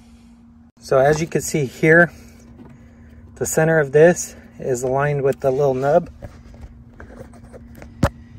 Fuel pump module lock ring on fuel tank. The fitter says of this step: You should hear a audible click,